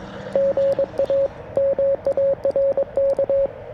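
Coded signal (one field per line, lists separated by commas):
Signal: Morse code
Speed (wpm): 23 wpm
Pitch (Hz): 560 Hz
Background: radio noise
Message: GA MARK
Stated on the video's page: Morse from a modded QMX+ transceiver during a POTA park activation.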